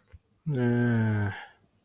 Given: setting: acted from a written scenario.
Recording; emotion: vocal sound without words; shame